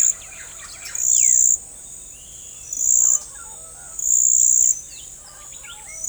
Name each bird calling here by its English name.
Yellow-hooded Blackbird